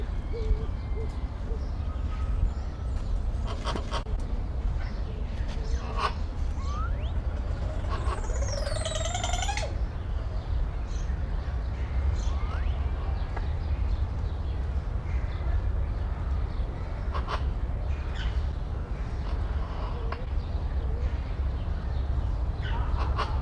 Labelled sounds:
Crested Oropendola
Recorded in captivity
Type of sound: song, call, call sequence, twittering
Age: adult
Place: Zoo Berlin, Berlin, DE
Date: 1994-03-05 11:12
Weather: heiter, 4°C, Windböen
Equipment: Marantz CP 430, Sennheiser ME 80, Kopie Uher Variocord 263
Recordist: Tembrock, Günter
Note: Komplexe Lautfolgen, im Hintergrund Papua-Atzel, zwischen der Kokkoaufnahme

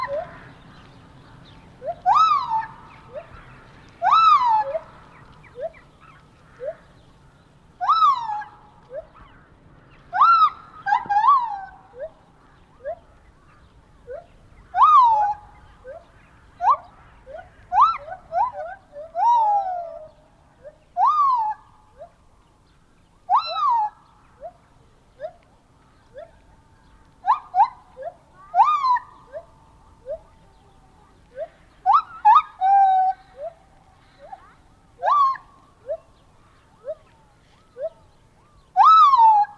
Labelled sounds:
Lar Gibbon
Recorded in captivity
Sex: pair
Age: adult
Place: Tierpark Berlin, Berlin, DE
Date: 1988-03-19
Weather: sonnig, -2 bis 3°C
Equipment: Nagra SN, Kopie Tesla B 116
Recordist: Tembrock, Günter

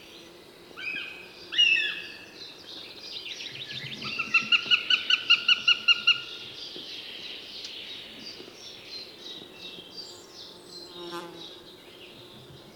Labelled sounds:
Northern Goshawk
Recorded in the wild
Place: Glowe, Insel Rügen, Mecklenburg-Vorpommern, DE
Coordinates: 54.577, 13.442
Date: 1975-07-06
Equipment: Nagra III BH, Sennheiser MD 21, parabola
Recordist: Schubert, Michael
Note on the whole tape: Rufe Habicht

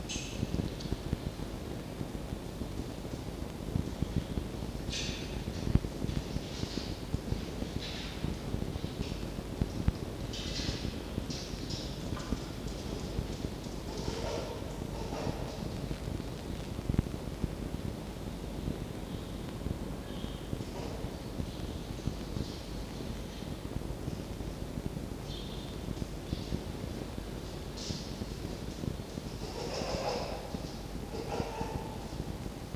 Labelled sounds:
Red Fox
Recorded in captivity
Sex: female
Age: adult
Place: Zoologisches Institut der HUB, Berlin, DE
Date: 1952-08-08 19:00
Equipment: Elmetra
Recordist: Tembrock, Günter

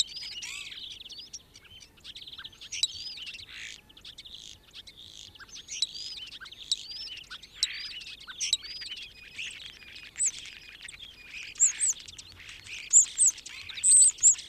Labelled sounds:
European Starling song
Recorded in the wild
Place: Kaiserslautern, Rheinland-Pfalz, DE
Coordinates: 49.415, 7.78
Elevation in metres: 457
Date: 1974-03-22
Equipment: Nagra IV, Sennheiser MKH 405, Parabolreflektor
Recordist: Tretzel, Erwin

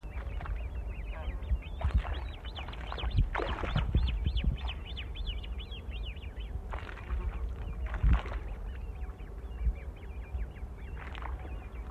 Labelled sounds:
Great Crested Grebe call
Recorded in the wild
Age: juvenile
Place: Holscha, Oberlausitz, Sachsen, DE
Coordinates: 51.2653, 14.3444
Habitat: pond
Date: 1989-08-05 19:57
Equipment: Riporter 6 RG-K, Sennheiser MKH 416 T, Kopie Uher Report Stereo IC
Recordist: Frommolt, Karl-Heinz
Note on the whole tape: Teichgebiet Holscha: ca. 6 und 3 Wochen alte Junge

